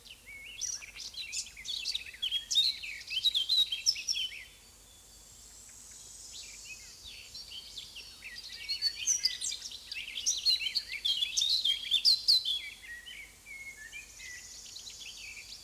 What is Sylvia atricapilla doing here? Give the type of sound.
song